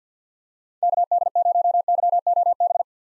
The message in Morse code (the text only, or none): KD0YOB